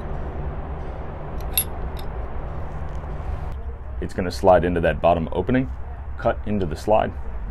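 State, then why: Not seated. A pistol barrel is handled and slid into the bottom opening of its slide during field-strip reassembly of an S&W Shield Plus. A brief metallic clink is heard near 1.6 s over steady background noise, then someone talks. Nothing has seated or clicked into place yet.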